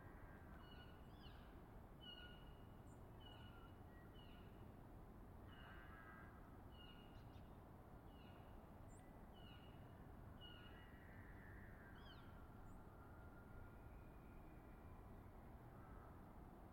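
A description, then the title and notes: Elk bulls bugle in the distance, high thin whistles rising and falling again and again over a steady low rumble for most of the clip. Elk Bugling Bulls In The Distance. I spent another weekend in the Colockum Wildlife Area, camping at the border of Coffin Game Reserve for the last week of silence before firearm hunting season begins. The farther away a bull's bugle is heard in the distance, the more hillside and forest reverberation swallows it, the more musical and majestic it becomes.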